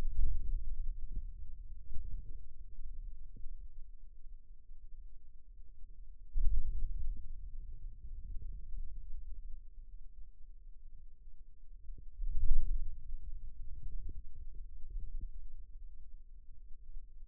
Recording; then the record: forearm muscle sounds (acoustic myography)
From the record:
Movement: hand closing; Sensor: system 2, bracelet of six BSWA MPA416 microphones around the upper forearm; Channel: 2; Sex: male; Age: 22 years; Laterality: right